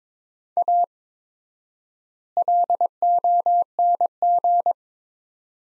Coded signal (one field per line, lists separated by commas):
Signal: Morse code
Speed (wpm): 22 wpm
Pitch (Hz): 700 Hz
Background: none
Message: A LONG